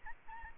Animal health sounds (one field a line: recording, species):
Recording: mosquito wingbeat signal from an infrared sensor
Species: Aedes albopictus